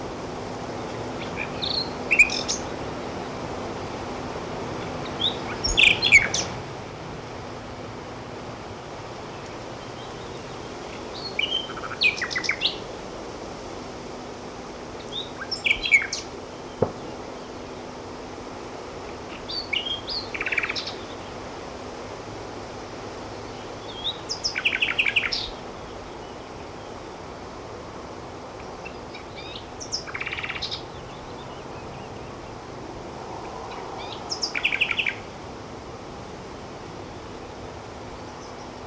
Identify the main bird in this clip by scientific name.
Luscinia megarhynchos